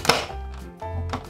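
The plastic housing of a cigarette lighter socket is pressed back into the dashboard panel of a Grand Livina, with a sharp knock at about 0.1 s and a softer one near 1.1 s over a steady low hum. The housing has not clicked or seated yet by the end of the clip.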